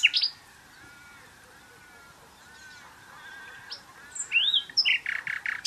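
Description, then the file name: Common nightingale: songbird song with a sharp opening note, a faint drawn-out wavering whistle through the middle, then loud rising whistles and a rapid stuttering series at the close. "Luscinia megarhynchos"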